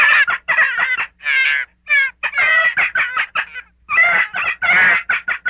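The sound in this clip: Gray fox giving a fast, irregular string of harsh yips and wavering whines, some chopped short, others drawn out and rough.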